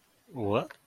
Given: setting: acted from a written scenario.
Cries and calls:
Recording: vocal sound without words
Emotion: confusion

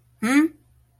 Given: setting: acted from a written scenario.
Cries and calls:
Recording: vocal sound without words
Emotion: confusion

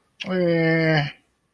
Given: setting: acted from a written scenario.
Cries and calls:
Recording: vocal sound without words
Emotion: neutral

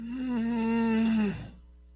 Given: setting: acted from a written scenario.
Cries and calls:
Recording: vocal sound without words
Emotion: guilt

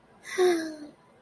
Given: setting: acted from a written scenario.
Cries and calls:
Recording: vocal sound without words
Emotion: romantic love

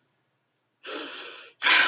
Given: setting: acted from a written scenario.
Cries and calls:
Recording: vocal sound without words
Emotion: distress

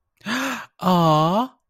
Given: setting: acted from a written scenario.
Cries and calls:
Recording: vocal sound without words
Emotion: adoration

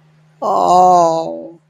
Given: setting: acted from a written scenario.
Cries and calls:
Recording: vocal sound without words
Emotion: sadness

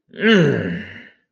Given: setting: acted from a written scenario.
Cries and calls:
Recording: vocal sound without words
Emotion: elation

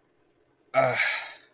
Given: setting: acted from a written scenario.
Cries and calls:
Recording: vocal sound without words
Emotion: anger

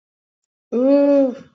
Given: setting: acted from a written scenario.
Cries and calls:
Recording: vocal sound without words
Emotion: adoration

